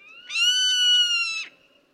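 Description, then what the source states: Zone-tailed Hawk giving one drawn-out, whistled scream lasting just over a second, steady and slightly falling at the end. Zone-tailed Hawk of the American Southwest, resembles and soars among groups of Turkey Vultures, nests and roosts near them.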